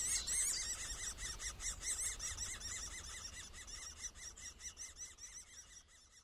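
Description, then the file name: Middle spotted woodpecker giving shrill, squealing notes in a fast, regular series that starts loud and gradually fades, over low background rumble. Daytime recording. "walter tilgner-tag mittelspecht"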